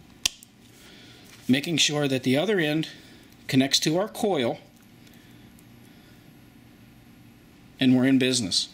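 The plastic wiring connector from the ignition pickup of a Mallory Unilite breakerless distributor (E-Spark conversion kit) is pushed together with its mating connector on the lead that goes to the coil, giving a single sharp snap at 0.3 s. Someone talks afterward, and the connector is seated.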